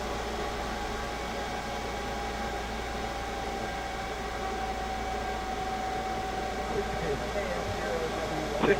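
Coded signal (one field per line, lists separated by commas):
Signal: FT8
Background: speech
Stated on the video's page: Live FT8 on the 6 m band.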